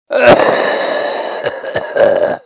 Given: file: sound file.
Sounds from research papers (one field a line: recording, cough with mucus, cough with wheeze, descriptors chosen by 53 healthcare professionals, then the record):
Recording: cough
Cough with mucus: yes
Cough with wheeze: yes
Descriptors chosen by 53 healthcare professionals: wheezy 27, rattling 23, productive 22, loose 19, hoarse 12, moist 11, dry 8, brassy 5, barking 5, bovine 4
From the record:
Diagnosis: COPD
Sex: male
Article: The description of cough sounds by healthcare professionals